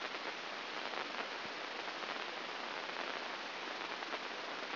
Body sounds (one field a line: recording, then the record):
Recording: brain microelectrode recording played as sound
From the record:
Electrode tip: inside the subthalamic nucleus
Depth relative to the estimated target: -2 mm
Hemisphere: left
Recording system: AlphaMap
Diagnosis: Parkinson's disease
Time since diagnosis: 9 years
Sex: male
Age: 68 years